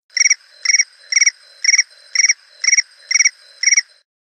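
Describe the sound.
Cricket chirping: eight bright high chirps of three or four fast pulses each, repeated steadily about twice a second.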